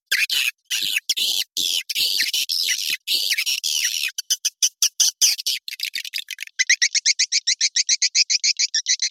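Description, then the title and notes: Swiftlets give loud buzzy chirps at first, then a run of quick evenly spaced high clicks that speed into a steady ticking series. Sound used in swiftlet farming in Asia to attract birds. "Swiflet Bird Sound. Farming Swiflet Bird asia sound"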